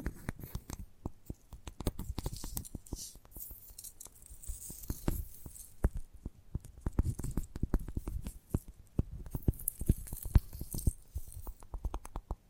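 Gentle tapping goes on throughout, quick light taps arriving in irregular clusters, sometimes several in rapid succession, then briefly sparser. Each tap is short and crisp with a soft low thud beneath, and a faint hiss lingers between them.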